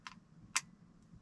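A refilled plastic NAVAGE saline pod, filled with warm boiled water, is pushed into a nasal irrigation device. A faint tick at 0.1 s is followed by a sharp, bright click at 0.6 s as the pod seats in place.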